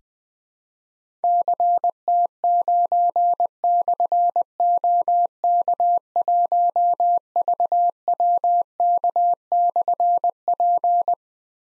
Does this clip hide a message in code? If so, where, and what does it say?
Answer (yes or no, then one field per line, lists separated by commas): yes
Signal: Morse code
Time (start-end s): 1.2-11.1 s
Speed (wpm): 20 wpm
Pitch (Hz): 700 Hz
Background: none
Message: CT9/OK1VWK/P